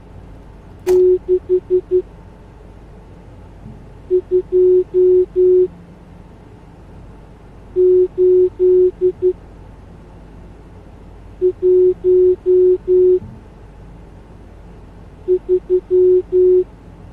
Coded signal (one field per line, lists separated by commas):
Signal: Morse code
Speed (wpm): 12 wpm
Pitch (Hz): 370 Hz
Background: none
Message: 62813